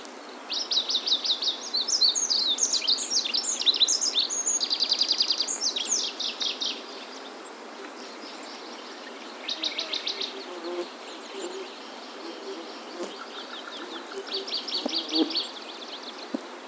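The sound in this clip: Olive-backed pipit song in high, rapid buzzy trills, loud at first, then quieter separated bursts, over background hiss.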